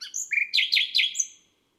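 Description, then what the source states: Nightingale song phrase: a few high whistled notes, then three loud rapid descending chirps and a final high note, over in about a second and a half. Nightingale recorded on a May night; listed among garden birds.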